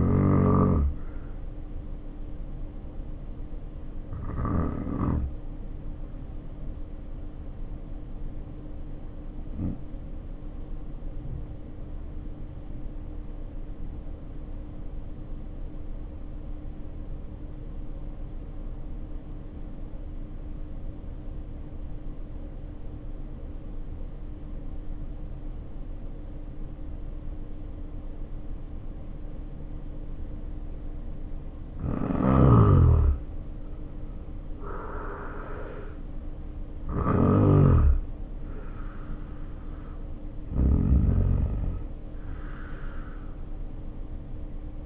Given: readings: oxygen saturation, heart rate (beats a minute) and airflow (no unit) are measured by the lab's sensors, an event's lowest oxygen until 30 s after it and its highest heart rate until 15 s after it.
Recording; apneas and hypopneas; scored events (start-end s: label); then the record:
breathing in sleep by a smartphone at the bedside; 1
4.00-32.20 s: obstructive apnea (N2, oxygen 95% highest, then 77% lowest, heart rate 52 at the start, 73 highest)
From the record:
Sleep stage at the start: N2 (light sleep); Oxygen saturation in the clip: 79 to 95%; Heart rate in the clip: 52 to 73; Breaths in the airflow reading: 4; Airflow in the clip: -4.4 to 5.6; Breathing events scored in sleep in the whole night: 520 in 7.2 hours asleep